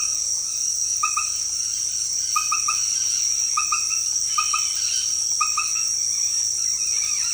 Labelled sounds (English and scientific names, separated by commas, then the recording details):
Red-bellied Macaw (Orthopsittaca manilatus)
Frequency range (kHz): Red-bellied Macaw (Orthopsittaca manilatus) 0.2-8.1 kHz
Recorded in dense forest near Puerto Asís, Putumayo, Colombia, on 18 February 2024 at 18:00
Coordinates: 0.496, -76.326
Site G6383